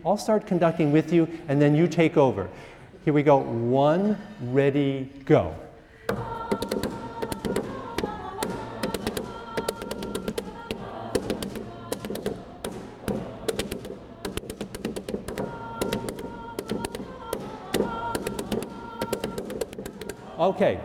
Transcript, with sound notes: I'll start conducting with you and then you take over. Here we go, one, ready, go. [taps rhythm] [singing] Okay.